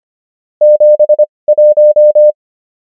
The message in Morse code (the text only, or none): 71